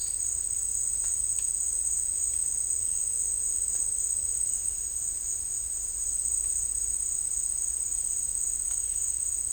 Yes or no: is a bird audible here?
no